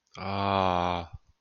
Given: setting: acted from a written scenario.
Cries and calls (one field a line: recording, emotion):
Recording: vocal sound without words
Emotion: desire